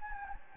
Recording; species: mosquito wingbeat signal from an infrared sensor; Anopheles gambiae